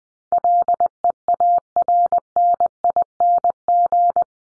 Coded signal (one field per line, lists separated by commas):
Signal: Morse code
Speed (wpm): 20 wpm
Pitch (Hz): 700 Hz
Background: none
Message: LEARNING